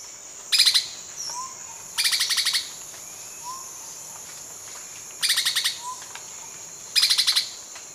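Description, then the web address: Immaculate antbird giving harsh buzzy rattles, four short bursts of rapid pulses at uneven intervals, with a steady high hiss behind. Ecuador. "Natures Songs S America Birds of Ecuador Immaculate Antbird"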